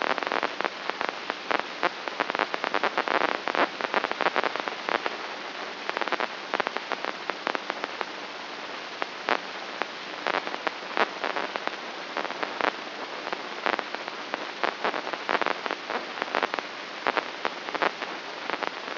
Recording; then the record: brain microelectrode recording played as sound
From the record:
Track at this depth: outside the subthalamic nucleus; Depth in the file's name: 7.828 mm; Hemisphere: left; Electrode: 3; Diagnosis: Parkinson's disease